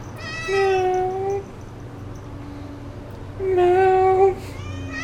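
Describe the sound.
Cat giving two drawn-out meows about three seconds apart, each slightly rising and falling, over a constant low electrical hum.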